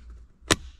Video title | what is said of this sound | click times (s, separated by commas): GRanola and SXTH Element GR Corolla Production Arm Rest Install | one should be a nice little click in two | 0.5 s